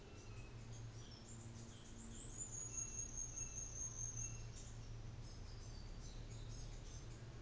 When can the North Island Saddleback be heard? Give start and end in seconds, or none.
2.62-4.56